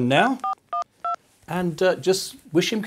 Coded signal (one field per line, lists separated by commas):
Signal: DTMF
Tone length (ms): 120 ms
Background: speech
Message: 412